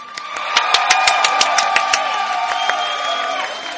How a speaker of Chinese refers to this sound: 掌声欢迎。